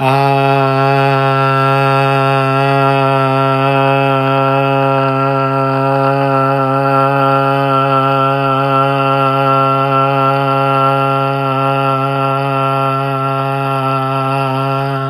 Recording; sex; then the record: sustained vowel /a/; male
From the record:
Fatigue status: fatigue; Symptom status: symptomatic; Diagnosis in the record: COVID-19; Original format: m4a